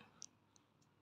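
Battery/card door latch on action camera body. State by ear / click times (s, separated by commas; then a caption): seated / 0.2 s. The side battery/card door of a GoPro Hero 10 Black action camera, with a 128 GB memory card just inserted, is closed and its latch slid up into place. A single sharp click sounds at 0.2 s, with a softer tick around 0.6 s. The door latch locks.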